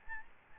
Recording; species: mosquito wingbeat signal from an infrared sensor; Aedes albopictus